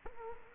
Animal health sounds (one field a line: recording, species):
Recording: mosquito wingbeat signal from an infrared sensor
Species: Culex quinquefasciatus